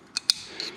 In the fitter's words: and you kind of hear it click into place